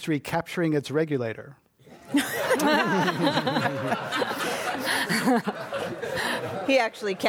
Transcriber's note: laughter